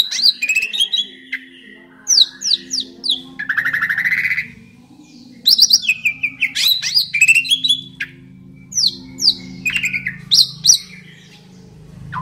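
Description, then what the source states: Asian pied starling song: a loud, lively run of sweeping whistles and sharp chattering notes with a buzzy rattle midway, given in bursts with short pauses. Jalak suren described as a champion bird.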